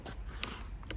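A plastic spacer for feather edge fence boards is pushed onto a wooden board, giving two short, sharp clicks at 0.4 s and 0.9 s over a low background rumble. Each click locks the spacer in place on the board.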